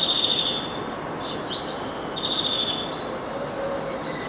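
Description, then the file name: European greenfinch giving rapid trilled calls, one burst at the start and another midway, with a steady rushing noise behind. "Chloris chloris"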